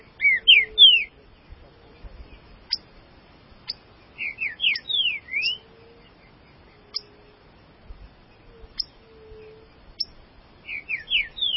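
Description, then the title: Green-winged saltator singing short phrases of clear, slurred whistles at the start, middle and end, with sharp ticking clicks in the gaps. "Trinca Ferro"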